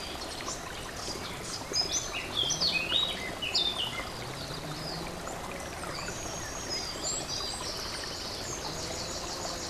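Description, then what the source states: Warbler singing a rapid jumble of high chirps and short trills early on, then thinner high notes, with constant stream noise underneath. Warbler recorded beside a stream; date 24 04 15 given in title; recorded on an MZ-N 710 device.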